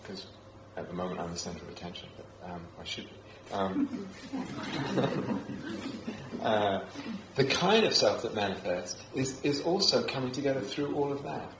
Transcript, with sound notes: Because at the moment, I'm the centre of attention -- or I should be. [laughter] The kind of self that manifests is also coming together through all of that.